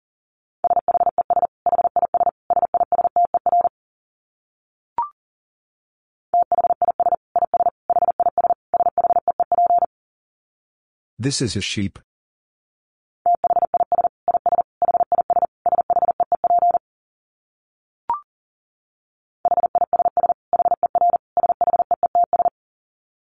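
Morse code tapped out as a steady mid-pitched tone in rapid, even dits, grouped into four phrases separated by silences. Between phrases come two short plops near five and eighteen seconds, and a brief burst of bright noise just after eleven seconds.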